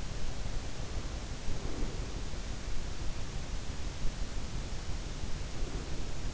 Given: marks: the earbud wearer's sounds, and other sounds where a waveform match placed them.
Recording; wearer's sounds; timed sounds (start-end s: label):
sounds in sleep by an in-ear microphone; breath
0.78-2.32 s: breath
5.41-6.28 s: breath